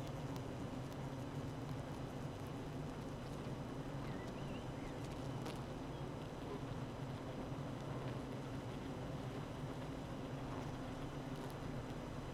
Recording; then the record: honeybee colony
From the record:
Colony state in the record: active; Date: 12 June 2018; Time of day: 8:19